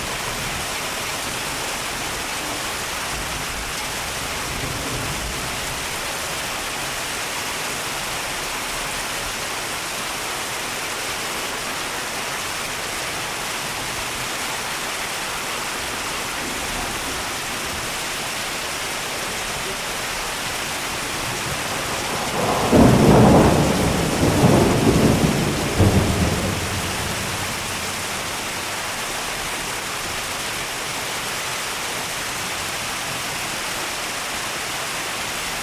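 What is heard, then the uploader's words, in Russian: Rain and a thunderstorm: a steady, dense hiss of rain runs through the whole recording without letup. Around 22 to 26 seconds a low rumble of thunder swells and rolls, then fades back into the even rainfall. Дождь и гроза.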